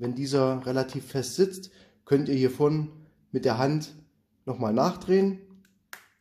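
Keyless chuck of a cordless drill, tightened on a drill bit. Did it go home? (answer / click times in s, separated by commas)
yes / 5.7 s, 5.9 s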